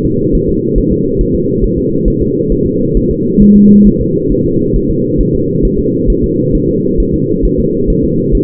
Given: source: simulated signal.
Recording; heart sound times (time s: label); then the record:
fetal heart sounds
0.06 s: S2
0.35 s: S1
0.49 s: S2
0.78 s: S1
0.92 s: S2
1.21 s: S1
1.35 s: S2
1.64 s: S1
1.78 s: S2
2.08 s: S1
2.22 s: S2
2.52 s: S1
2.66 s: S2
2.97 s: S1
3.11 s: S2
3.42 s: S1
3.56 s: S2
3.87 s: S1
4.01 s: S2
4.32 s: S1
4.46 s: S2
4.76 s: S1
4.90 s: S2
5.21 s: S1
5.35 s: S2
5.65 s: S1
5.79 s: S2
6.10 s: S1
6.24 s: S2
6.55 s: S1
6.69 s: S2
7.00 s: S1
7.14 s: S2
7.45 s: S1
7.59 s: S2
7.90 s: S1
8.04 s: S2
8.35 s: S1
From the record:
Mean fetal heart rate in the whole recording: 135 bpm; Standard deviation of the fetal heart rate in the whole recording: 3 bpm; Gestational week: 36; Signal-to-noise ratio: -11.2 dB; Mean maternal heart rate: 72 bpm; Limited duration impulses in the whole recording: present